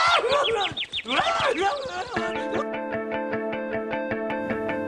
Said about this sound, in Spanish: ¡Oh, pajarito!